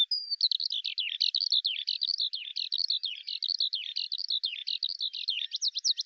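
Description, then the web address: Bird warbling in a dense, nonstop series of high chirps and quick trilled notes rising and falling throughout. "Deverinetal 2025 File cleaned normalized Bird Al Ar"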